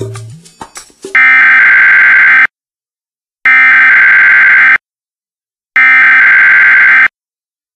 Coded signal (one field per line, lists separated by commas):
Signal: Emergency Alert System (SAME) tones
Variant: header bursts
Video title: MOCK EAS NUCLEAR EMERGENCY EAST TENNESSEE - IT COULD HAPPEN TOMMORROW